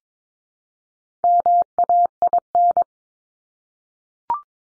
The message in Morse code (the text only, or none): MAIN